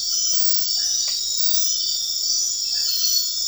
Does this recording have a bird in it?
no